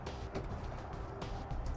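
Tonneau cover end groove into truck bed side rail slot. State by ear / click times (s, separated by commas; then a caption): not seated / none. The rolled-out TruXedo TruXport soft roll-up tonneau cover's end groove is lined up over the slot on each side rail of a 2004 Chevrolet Silverado's truck bed, before being pushed down. Only a steady low background hum with faint soft rustles is heard. Nothing has seated or clicked yet.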